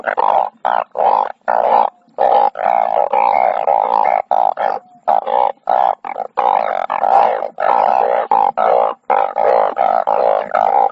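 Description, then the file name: Banded bullfrog calling almost continuously, a dense run of deep, buzzy, lowing notes broken by only brief pauses. "tieng enh uong keu"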